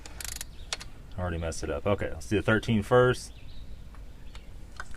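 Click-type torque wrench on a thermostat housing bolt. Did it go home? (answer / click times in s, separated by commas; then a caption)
yes / 4.8 s. A click-type torque wrench tightens a 13 mm bolt on the thermostat housing of a BMW E39 with an M52/M54 engine (520i, 523i, 525i, 528i, 530i) while someone talks over a few sharp ratcheting clicks near the start. The wrench breaks over with a short click at 4.8 s, confirming the bolt has reached its torque setting.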